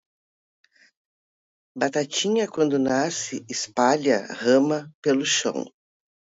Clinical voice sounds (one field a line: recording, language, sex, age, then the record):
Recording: short text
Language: Brazilian Portuguese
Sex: female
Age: 60 to 69 years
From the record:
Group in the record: control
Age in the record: 61 years